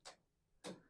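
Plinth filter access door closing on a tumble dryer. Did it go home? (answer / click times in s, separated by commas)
yes / 0.6 s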